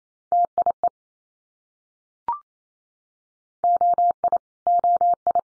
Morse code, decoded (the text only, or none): TIE OI OI